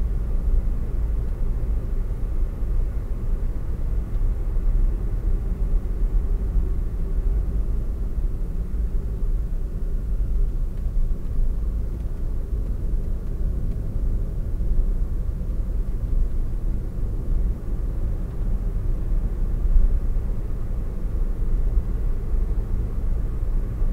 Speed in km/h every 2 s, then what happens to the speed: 72, 72, 72, 67, 59, 53, 53, 53, 49, 60, 63, 67.
4-10 slows to 53. 10-15 steady at about 53. 15-24 speeds up to 67.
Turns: none.